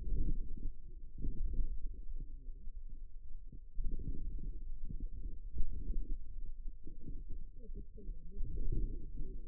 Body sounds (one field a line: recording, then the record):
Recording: forearm muscle sounds (acoustic myography)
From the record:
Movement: outward rotation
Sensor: system 2, bracelet of six BSWA MPA416 microphones around the upper forearm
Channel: 4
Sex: female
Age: 21 years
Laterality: right